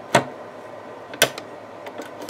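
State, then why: Seated. A snap-on sewing machine presser foot is refitted onto its presser foot holder by lowering the presser bar onto it. A sharp click at 0.2 s is followed by the loudest, sharpest snap at 1.2 s, as the foot seats, then a few fainter ticks. The presser foot snaps back into place.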